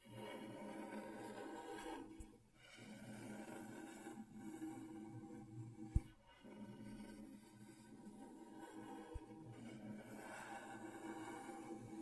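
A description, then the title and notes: Scratching on a scratchboard: a steady, dense rasping that runs in long strokes with short breaks near 2.5, 4, 6 and 10.5 seconds. A sharp tap sounds at about 6 seconds, with fainter ones near 2 and 9 seconds, over a low constant hum. ASMR Brain Tingling Scratchboard (No Talking).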